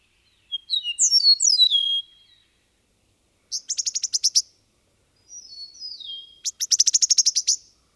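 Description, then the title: Bird song: high, clear descending whistled notes followed by a rapid buzzy trill of evenly repeated clicks, then another descending phrase and a second trill. "BIrd Luar Ngri"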